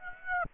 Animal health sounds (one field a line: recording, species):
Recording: mosquito wingbeat signal from an infrared sensor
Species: Aedes aegypti